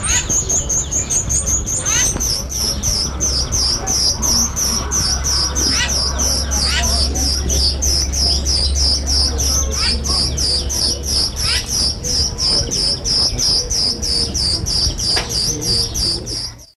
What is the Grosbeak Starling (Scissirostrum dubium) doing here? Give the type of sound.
call